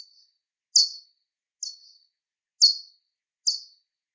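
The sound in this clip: Soprano pipistrelle echolocation sounds, a series of loud, sharply descending chirps spaced about a second apart against silence.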